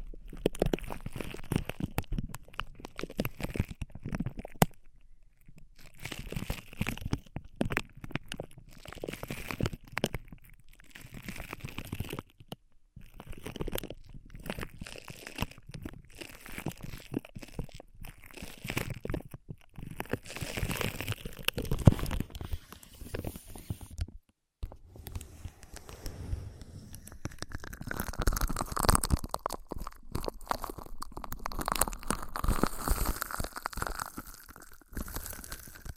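Ear massage and cleaning sounds: dense, irregular rubbing, crinkling and crunchy scratches packed closely together with only brief gaps. Short silences fall near 5, 12 and 24 seconds. After about 25 seconds the texture turns smoother and brighter, with sweeping rubbing strokes.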